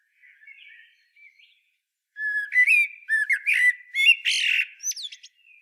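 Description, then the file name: Common blackbird song: soft subdued notes lead into a strong fluty warble, finishing with sharp high squeaks and thin whistles. "Turdus merula"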